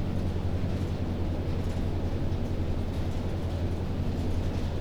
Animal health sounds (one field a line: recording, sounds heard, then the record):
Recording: poultry house recording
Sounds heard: no chicken sound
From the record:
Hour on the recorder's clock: 0